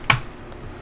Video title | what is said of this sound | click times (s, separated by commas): Enter the mine EP 9. The build!! | hear that guys it just clicked | 0.1 s